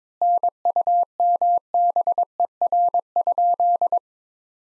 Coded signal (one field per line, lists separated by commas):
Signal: Morse code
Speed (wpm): 22 wpm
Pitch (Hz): 700 Hz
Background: none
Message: NUMBER?